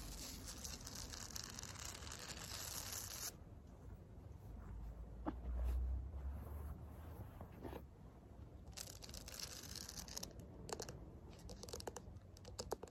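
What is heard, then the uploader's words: Fake nails scratch across concrete in a dense, gritty rasp. The sound is bright and hissy for the first three seconds, drops to a duller low scraping, then returns to sharp bursts of clicks and scrapes around eight seconds and again near the end. ASMR CONCRETE SCRATCHING WITH FAKE NAILS (towards camera and back).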